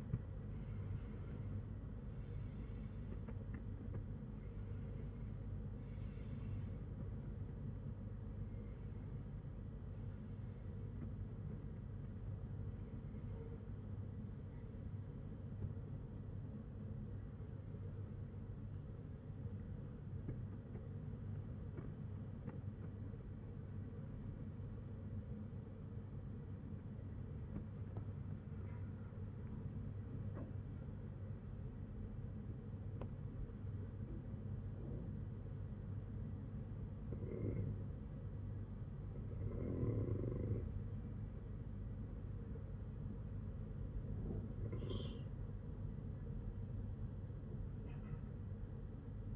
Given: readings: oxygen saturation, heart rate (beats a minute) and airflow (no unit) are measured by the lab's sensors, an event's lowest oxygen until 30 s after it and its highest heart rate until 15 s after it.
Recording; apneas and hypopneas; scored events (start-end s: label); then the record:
breathing in sleep by a smartphone at the bedside; none
none scored
From the record:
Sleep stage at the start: N1 (lightest sleep); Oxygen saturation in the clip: 92 to 98%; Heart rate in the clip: 55 to 100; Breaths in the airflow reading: 9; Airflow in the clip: -14.8 to 17.0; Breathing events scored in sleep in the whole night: 182 in 7.4 hours asleep